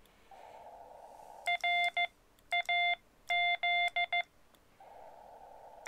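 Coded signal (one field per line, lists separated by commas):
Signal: Morse code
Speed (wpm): 15 wpm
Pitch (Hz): 700 Hz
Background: none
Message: R AZ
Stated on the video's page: POTA activation in Morse code from a BLM recreation area using a Xiegu X-6100.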